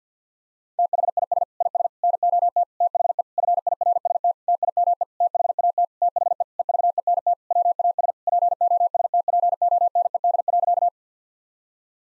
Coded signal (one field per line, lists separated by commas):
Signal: Morse code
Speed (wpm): 50 wpm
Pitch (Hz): 700 Hz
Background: none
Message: THIS IS NOT THE FIRST TIME THAT THE EVENT WAS POSTPONED.